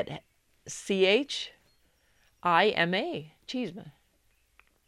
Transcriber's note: none